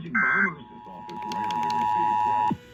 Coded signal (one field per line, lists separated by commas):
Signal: Emergency Alert System (SAME) tones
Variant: 853 and 960 Hz attention tone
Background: speech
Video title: December 2022 Texas Required Monthly Test (EAS #256-265)